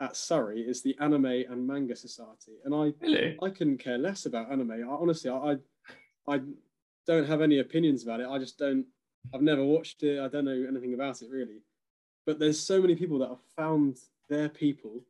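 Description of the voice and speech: An adult man speaks in conversational English, with short pauses between phrases. He does not stammer and shows no speech disorder.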